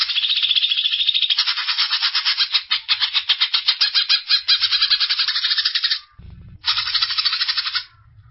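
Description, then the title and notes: Greater green leafbird song: a long, continuous, fast stream of buzzy trills and pulsed notes, then a short break and another rich chattering burst. Described as a champion songbird; chirping song. "Kicau Burung Cucak Ijo Juara. Suara kicauan burung cucak ijo"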